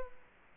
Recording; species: mosquito wingbeat signal from an infrared sensor; Culex quinquefasciatus